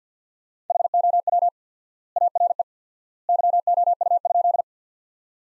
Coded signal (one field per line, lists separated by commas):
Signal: Morse code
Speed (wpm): 50 wpm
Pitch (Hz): 700 Hz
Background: none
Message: HOW ARE YOU?